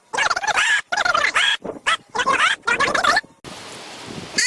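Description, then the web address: Goat bleats: several harsh, wavering bleats in quick succession, followed by a short stretch of hissing noise. "goat"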